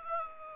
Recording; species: mosquito wingbeat signal from an infrared sensor; Aedes aegypti